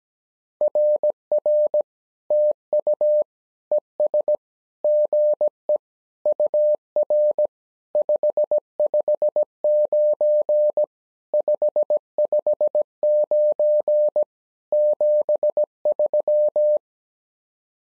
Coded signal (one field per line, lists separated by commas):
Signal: Morse code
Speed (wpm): 17 wpm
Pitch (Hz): 600 Hz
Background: none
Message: RR TU ES GE UR 559 559 73